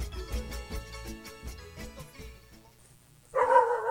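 A steady, rhythmic musical beat plays, fades to near quiet, then a single loud, harsh dog bark bursts in at the end and rings out for a moment.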